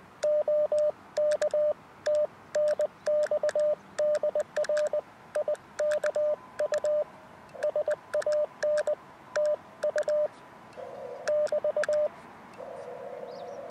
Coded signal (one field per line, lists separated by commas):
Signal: Morse code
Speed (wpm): 19 wpm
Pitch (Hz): 600 Hz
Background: radio noise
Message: OK TNX DR IKU SAN TU <BT>